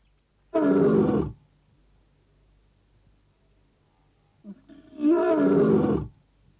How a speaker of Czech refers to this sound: Řve a dává tak na vědomí, že tohle teritorium patří jemu. Ten řev vyjadřuje jeho majetnický nárok a jeho převahu. V tom se s ním nemůže žádná jiná šelma měřit.